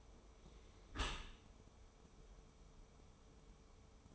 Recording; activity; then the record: daily activity, microphone in the room; close dishwasher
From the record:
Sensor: 1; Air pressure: 1015.0 hPa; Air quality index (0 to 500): 26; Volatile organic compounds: 1 ppm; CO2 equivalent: 505 ppm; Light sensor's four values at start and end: 13/30/12/13 and 13/30/12/13